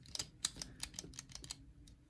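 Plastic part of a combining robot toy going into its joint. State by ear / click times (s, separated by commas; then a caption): not seated / none. A plastic part of a Good Smile Company DX SSSS.Dynazenon combining robot toy is pushed into its joint again, producing a quick series of light, sharp plastic taps and clacks over about two seconds. The part still fails to click into place, and nothing has seated or clicked yet.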